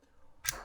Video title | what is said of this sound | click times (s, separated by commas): Spopal Combination Locking Bolt, [120mm] [Weatherproof&Burglar Proof] | all the way to the end you're going to feel a little click bring it to the zero | 0.5 s